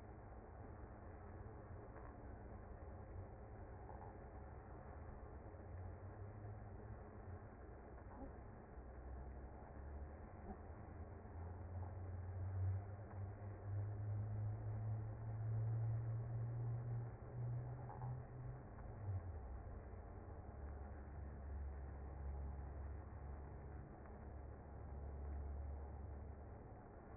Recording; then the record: honeybee colony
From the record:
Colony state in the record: active